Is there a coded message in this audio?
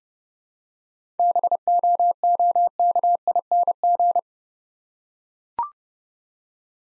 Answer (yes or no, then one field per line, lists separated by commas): yes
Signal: Morse code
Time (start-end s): 1.2-4.2 s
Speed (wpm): 29 wpm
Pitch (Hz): 700 Hz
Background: none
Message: BOOKING